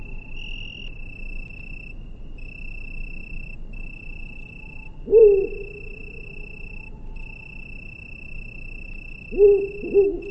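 Bird giving low hooting calls, one single hoot and later a quick double hoot, over a steady high insect trill.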